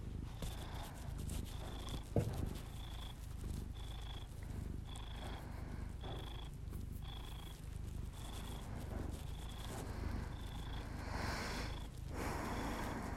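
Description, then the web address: Cat purring in a continuous low rumble, with a person's breathing and a click near the start. Pet cat purring, recorded together with the owner's heavy breathing for an ASMR audio. "Miss-Because [A 4 A] Just Purrs [ASMR][Literally just my cat purring and my heavy breathing]"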